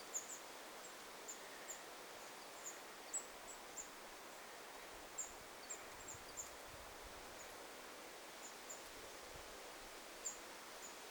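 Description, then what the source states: Great tit contact calls: thin, very high, short notes given irregularly, a few close together, over a steady rushing background hiss. Contact calls of young great tits, recorded 24 August 2026.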